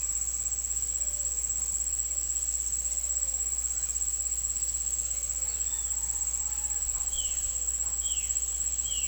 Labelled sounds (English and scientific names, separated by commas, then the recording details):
Violaceous Jay (Cyanocorax violaceus)
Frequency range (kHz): Violaceous Jay (Cyanocorax violaceus) 1.7-4.0 kHz
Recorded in pastures near Puerto Asís, Putumayo, Colombia, on 9 March 2025 at 17:00
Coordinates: 0.497, -76.327
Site G072